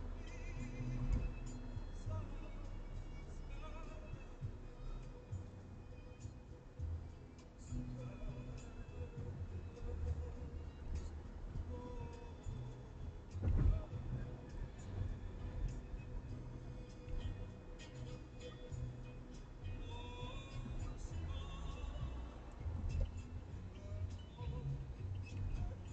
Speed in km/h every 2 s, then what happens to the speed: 77, 75, 71, 68, 66, 65, 66, 68, 70, 69, 69, 68, 68.
0-9 slows to 65. 9-26 steady at about 68.